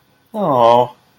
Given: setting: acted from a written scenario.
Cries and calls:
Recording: vocal sound without words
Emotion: adoration

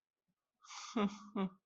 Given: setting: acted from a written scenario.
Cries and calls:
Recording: vocal sound without words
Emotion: embarrassment

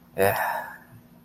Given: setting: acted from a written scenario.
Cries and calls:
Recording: vocal sound without words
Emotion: pride

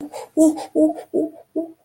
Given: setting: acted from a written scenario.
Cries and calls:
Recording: vocal sound without words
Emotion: pain

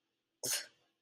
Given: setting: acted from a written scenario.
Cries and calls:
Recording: vocal sound without words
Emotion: contempt

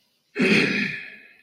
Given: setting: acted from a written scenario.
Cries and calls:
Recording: vocal sound without words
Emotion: contempt

